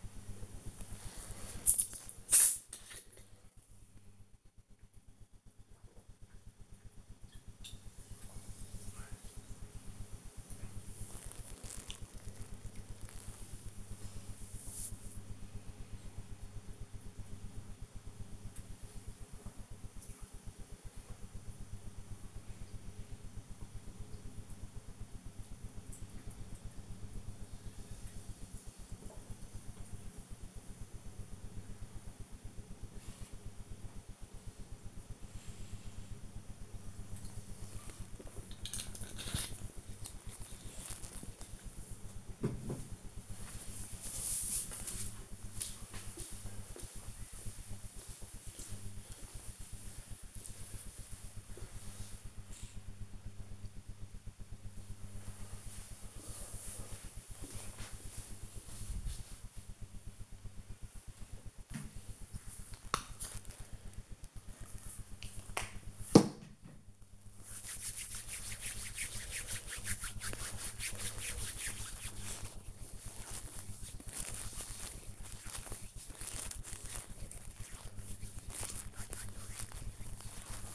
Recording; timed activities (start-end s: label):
household activities, microphone on the right wrist
0.00-39.72 s: drinking
60.89-80.75 s: cream hands